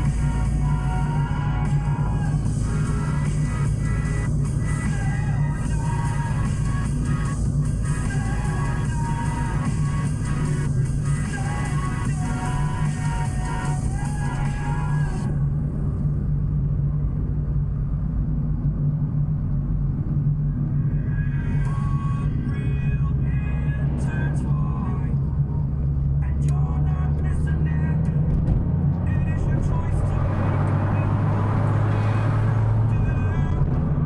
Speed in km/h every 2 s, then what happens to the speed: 45, 45, 47, 48, 49, 48, 46, 43, 43, 42, 42, 42, 44, 51, 56, 67, 73.
0-9 steady at about 47. 9-14 slows to 43. 14-22 steady at about 42. 22-34 speeds up to 73.